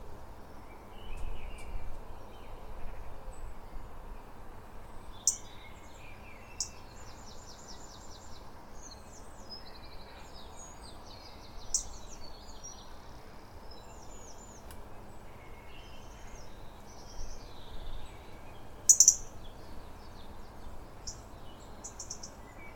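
Dawn chorus birdsong: many birds overlap in quick, bright chirps, trills and whistles that come and go throughout. A steady low rumble and hiss sits underneath the whole time. Sharper, louder calls stand out near 5 seconds and again around 19 seconds.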